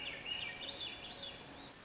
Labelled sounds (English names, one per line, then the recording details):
Swainson's Thrush
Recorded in Sonoma County, California